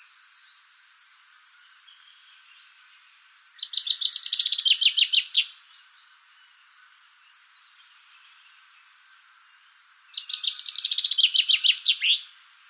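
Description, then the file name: Common chaffinch singing two bright rattling phrases about six and a half seconds apart, each a fast trill of repeated notes ending in a flourish, other birds faint in between. "Fringilla coelebs"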